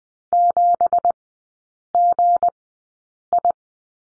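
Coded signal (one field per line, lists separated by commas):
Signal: Morse code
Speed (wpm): 20 wpm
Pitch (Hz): 700 Hz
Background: none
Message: 7GI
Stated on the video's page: Morse code course lesson drill on the slash and three characters, sent with Farnsworth spacing at 20/10 wpm.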